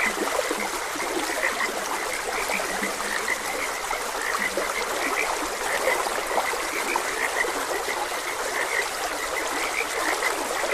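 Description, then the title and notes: Frogs giving rapid repeated croaks, a few lower grunting notes in between, beneath an unbroken wash of running water. Frogs croaking beside a gentle stream. "Frogs Croaking. Sleep and Relaxation Podcast"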